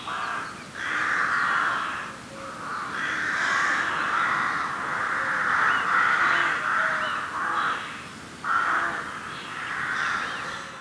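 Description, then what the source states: Crows cawing in harsh, raspy calls that run almost continuously, broken by a few short pauses, with faint wind-like background noise. Crows calling in a meadow.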